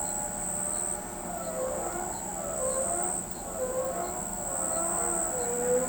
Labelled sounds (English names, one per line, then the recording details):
none
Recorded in pastures near Pivijay, Magdalena, Colombia, on 14 April 2023 at 02:00
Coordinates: 10.456, -74.369
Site P6-G026